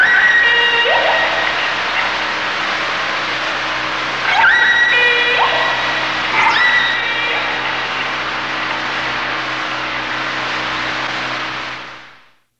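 Dolphin whistles, several short upsweeps and steady tones in clusters, over steady hiss that fades out at the end.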